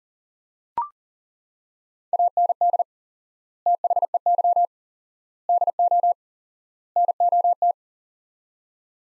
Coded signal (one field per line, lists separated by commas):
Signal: Morse code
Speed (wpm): 40 wpm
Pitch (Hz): 700 Hz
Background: none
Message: AND THEY DO NOT